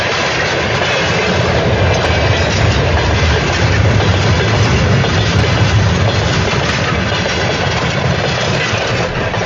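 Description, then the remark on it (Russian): A Baku–Kislovodsk passenger train, with travellers in a general (unreserved) carriage, leaves Baku toward evening on an August day in the late 1970s. It rumbles steadily on its rails, a dense, unbroken roar with a deep low hum underneath, loud and even throughout, with no voices. “Хосров Муэлим получил отпускные и, купив билеты в общий вагон поезда Баку-Кисловодск, под вечер уехал.”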